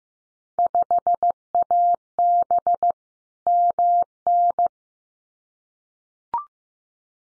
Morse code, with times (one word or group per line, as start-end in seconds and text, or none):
0.6-2.9 5AB
3.5-4.7 MN